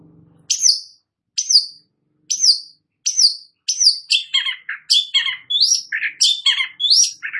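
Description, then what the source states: Long-tailed shrike song: clear sweeping high notes repeated about once a second, then building into a quicker mix of varied whistled and lower notes. Described as gacor, singing actively.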